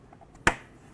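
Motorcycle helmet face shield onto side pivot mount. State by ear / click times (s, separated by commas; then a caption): seated / 0.5 s. The plastic face shield of an ICON Airflite motorcycle helmet is pressed onto the side pivot mount on the second side, with its tabs lined up. A single loud, sharp snap is heard at 0.5 s, and the shield seats on the pivot.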